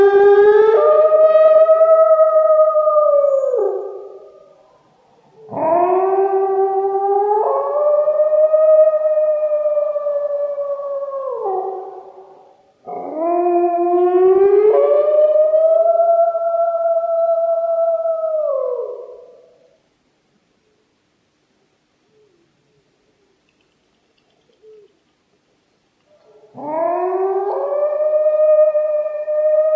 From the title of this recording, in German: Die Stimmen der Wölfe, Schakale und Hunde